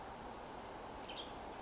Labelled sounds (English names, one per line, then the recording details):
Western Tanager
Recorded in Sonoma County, California